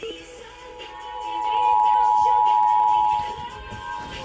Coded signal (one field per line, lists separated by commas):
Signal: Emergency Alert System (SAME) tones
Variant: 853 and 960 Hz attention tone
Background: music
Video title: National EAS test